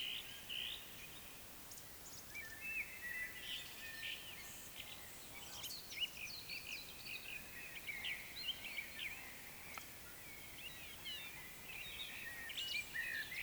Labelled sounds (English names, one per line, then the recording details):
Eurasian Woodcock whistle
Eurasian Woodcock croak
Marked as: croak, whistle, croak, whistle, croak, whistle, croak
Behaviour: display flight
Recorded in Baden-Württemberg, Germany, on 20 May 2021 at 19:13 UTC
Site 24606, 635 m above sea level